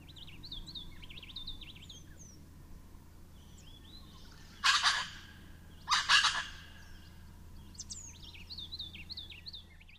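Wattlebird giving two loud, harsh, rasping bursts about a second apart, with thin whistled notes before and after.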